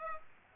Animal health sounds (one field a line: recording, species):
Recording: mosquito wingbeat signal from an infrared sensor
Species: Aedes aegypti